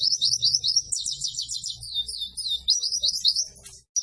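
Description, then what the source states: White-eye song: a continuous, rapid, high-pitched twittering warble of thin chirps run together, with a faint low rumble underneath. Lively-singing ('gacor') white-eye song used to train cage birds.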